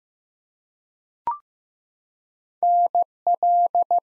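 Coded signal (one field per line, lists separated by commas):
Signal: Morse code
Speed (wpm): 15 wpm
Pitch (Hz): 700 Hz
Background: none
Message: NL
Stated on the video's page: Morse code head-copy drill of ARRL section abbreviations used in Field Day contest exchanges, sent at 15 wpm, each sent twice.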